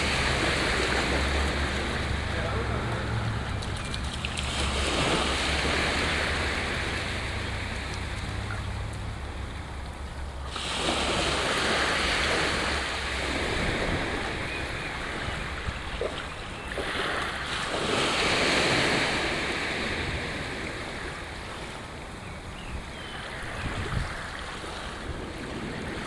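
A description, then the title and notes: Gentle shore break rolls in steady washes, swelling and easing roughly every eight seconds, with a soft hiss of foam between waves. A low rumble sits underneath, fading after about ten seconds, and wind buffets the microphone at times. Playa de Arenillas. In Situ Season 1 episodes are 5 minutes of ambient sound recorded along del Norte, the northern coastal route of the Camino de Santiago network of pilgrimage paths converging in Spain. These tiny meditations are made with binaural microphones, creating an immersive hyper-realistic listening experience. Gentle shore break.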